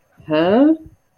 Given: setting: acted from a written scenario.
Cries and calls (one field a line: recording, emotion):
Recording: vocal sound without words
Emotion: confusion